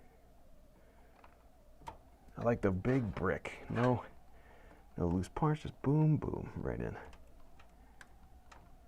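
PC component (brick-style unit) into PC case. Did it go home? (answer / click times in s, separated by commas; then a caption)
yes / 8.0 s. A one-piece, brick-style PC component is pushed by hand into a PC case while someone talks, with a few faint ticks in the background. A sharp click at 8.0 s marks the part seating into place, and it ends up flush.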